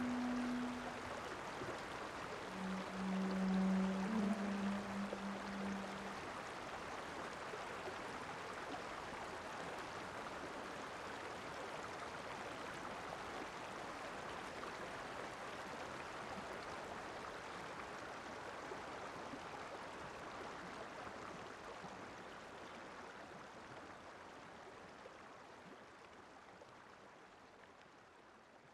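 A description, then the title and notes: A river murmurs steadily throughout, a dense, even rush of water filling the mids and highs. In the first six seconds a few low, sustained bass flute notes sound over it, then only the water remains, slowly fading toward the end. Lengarica Canyon reimagined by Carmen Terol. The gentle murmurs of the river intertwine harmoniously with the ethereal notes of a bass flute and electronic sounds.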